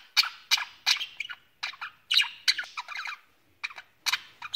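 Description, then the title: Budgerigar chatter with sharp squawks and clicky chirps delivered in short clusters, separated by brief gaps, some notes bubbling into quick warbles. "Budgie Sounds"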